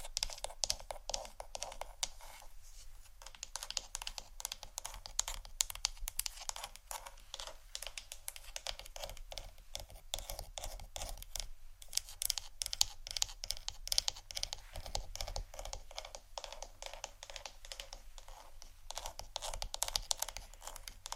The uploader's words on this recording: ASMR Hair Brush & Comb Sounds （No Talking）.